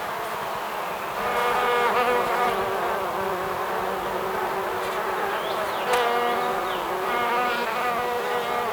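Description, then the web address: Bees buzzing, a dense droning hum with wavering tones, swelling louder at times. "مجموعه افکت صدا حیوانات SES Animals SFX Bees"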